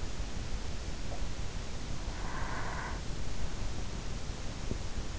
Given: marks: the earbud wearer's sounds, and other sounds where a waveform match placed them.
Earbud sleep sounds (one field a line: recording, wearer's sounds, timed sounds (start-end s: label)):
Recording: sounds in sleep by an in-ear microphone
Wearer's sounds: breath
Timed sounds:
1.31-3.38 s: breath